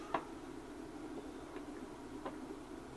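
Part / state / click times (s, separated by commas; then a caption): cannon into castle playset roof mount / seated / 0.2 s. A plastic cannon is put back onto its mount on the roof of a toy castle playset and snaps into place with a sharp click at 0.1 s. A fainter tick follows at 2.3 s over a steady low background hum. The cannon is seated and holds, so the castle can be carried without losing it.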